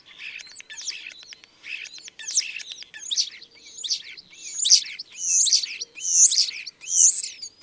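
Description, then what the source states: Common starling song: a jumbled run of high chattering notes, clicks and slurred whistles, growing louder toward the end in rhythmic bursts. Recorded at Dviete.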